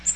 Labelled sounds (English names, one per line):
Magnolia Warbler flight call